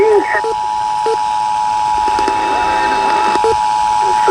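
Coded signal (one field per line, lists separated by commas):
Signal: Emergency Alert System (SAME) tones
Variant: 853 and 960 Hz attention tone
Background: speech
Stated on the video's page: Monthly EAS tests.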